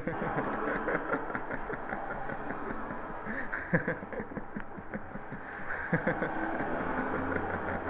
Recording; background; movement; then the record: laughter; traffic; sitting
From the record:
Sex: male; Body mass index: 22.0 kg/m2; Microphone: on the chest, facing the body